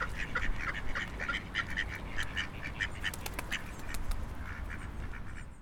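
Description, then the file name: Ducks giving a run of nasal quacks, dense in the first half, over constant low background rumble. Ducks recorded near the Seine. "freesound Ducks and a Siren near the Seine"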